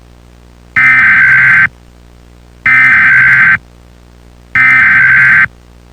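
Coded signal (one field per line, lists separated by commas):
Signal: Emergency Alert System (SAME) tones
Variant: header bursts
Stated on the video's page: Fictional EAS scenario.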